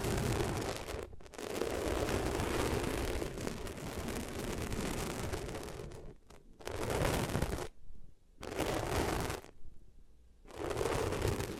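Ears being rubbed against different materials make loud, dense scratching and rustling with a heavy low rumble. The rubbing runs in long continuous strokes, broken by brief silences near 1, 6.5, 8 and 10 seconds before resuming.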